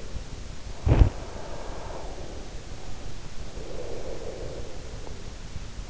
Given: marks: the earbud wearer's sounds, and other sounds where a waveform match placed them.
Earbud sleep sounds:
sounds in sleep by an in-ear microphone; breath
0.75-4.82 s: sound from someone else or the room
1.32-4.82 s: breath

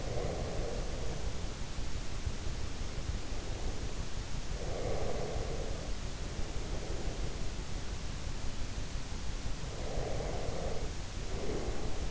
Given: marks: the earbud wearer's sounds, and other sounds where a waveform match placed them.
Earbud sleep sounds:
sounds in sleep by an in-ear microphone; breath
0.00-1.54 s: breath
2.94-4.00 s: breath
4.43-7.48 s: breath
9.57-12.11 s: breath

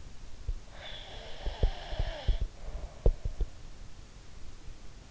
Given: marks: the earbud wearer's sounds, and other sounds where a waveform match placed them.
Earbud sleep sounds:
sounds in sleep by an in-ear microphone; breath
0.43-3.48 s: sound from someone else or the room
0.66-3.24 s: breath

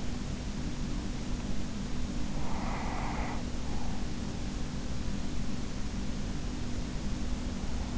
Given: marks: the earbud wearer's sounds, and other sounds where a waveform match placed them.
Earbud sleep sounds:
sounds in sleep by an in-ear microphone; breath
2.28-4.14 s: breath

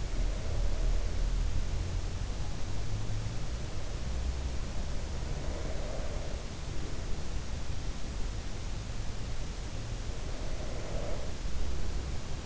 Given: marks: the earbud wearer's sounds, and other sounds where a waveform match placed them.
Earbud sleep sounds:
sounds in sleep by an in-ear microphone; breath
0.00-2.03 s: breath
4.81-7.65 s: breath
9.76-12.46 s: breath

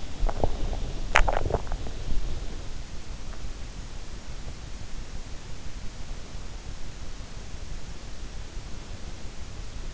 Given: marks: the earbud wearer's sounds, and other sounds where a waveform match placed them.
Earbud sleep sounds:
sounds in sleep by an in-ear microphone; swallowing
0.00-2.04 s: swallowing

